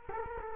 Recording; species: mosquito wingbeat signal from an infrared sensor; Culex quinquefasciatus